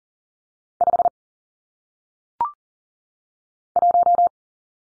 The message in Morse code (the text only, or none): 5 1